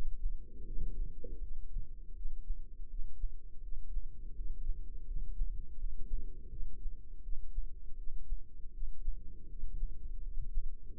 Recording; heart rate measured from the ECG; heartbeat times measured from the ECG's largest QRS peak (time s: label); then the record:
heart sounds by microphone in the left ear; 82 bpm
0.64 s: heartbeat
1.39 s: heartbeat
2.13 s: heartbeat
2.87 s: heartbeat
3.60 s: heartbeat
4.33 s: heartbeat
5.05 s: heartbeat
5.77 s: heartbeat
6.48 s: heartbeat
7.21 s: heartbeat
7.95 s: heartbeat
8.71 s: heartbeat
9.47 s: heartbeat
10.21 s: heartbeat
10.95 s: heartbeat
From the record:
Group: healthy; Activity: rest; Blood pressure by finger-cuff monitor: 107/73 mmHg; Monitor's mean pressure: 84 mmHg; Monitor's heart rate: 81 bpm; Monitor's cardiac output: 5.5 L/min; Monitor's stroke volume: 68 mL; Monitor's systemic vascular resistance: 1100 dyn s/cm5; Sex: female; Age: 43 years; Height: 160 cm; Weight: 90 kg